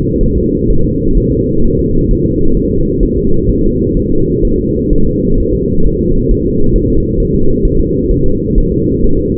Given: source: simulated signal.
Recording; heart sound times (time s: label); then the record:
fetal heart sounds
0.23 s: S1
0.38 s: S2
0.70 s: S1
0.85 s: S2
1.17 s: S1
1.32 s: S2
1.64 s: S1
1.79 s: S2
2.11 s: S1
2.25 s: S2
2.57 s: S1
2.71 s: S2
3.03 s: S1
3.17 s: S2
3.50 s: S1
3.64 s: S2
3.97 s: S1
4.11 s: S2
4.45 s: S1
4.59 s: S2
4.93 s: S1
5.07 s: S2
5.40 s: S1
5.55 s: S2
5.86 s: S1
6.01 s: S2
6.31 s: S1
6.46 s: S2
6.76 s: S1
6.90 s: S2
7.20 s: S1
7.34 s: S2
7.65 s: S1
7.79 s: S2
8.11 s: S1
8.26 s: S2
8.58 s: S1
8.72 s: S2
9.04 s: S1
9.19 s: S2
From the record:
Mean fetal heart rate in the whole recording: 130 bpm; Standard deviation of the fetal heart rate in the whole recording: 4 bpm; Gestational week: 38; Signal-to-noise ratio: -17.7 dB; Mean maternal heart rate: 72 bpm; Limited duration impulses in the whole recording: present